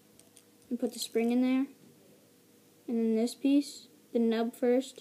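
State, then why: Not seated. Someone talks while assembling a homemade pen gun, putting a spring into the pen body and then fitting a plastic pen part over it, nub first, with a few faint ticks of handling around 0.2 and 0.4 seconds. The back piece has not yet been pushed into the pen body to catch on the push-pin latch, so nothing has clicked or seated yet and the gun is not cocked.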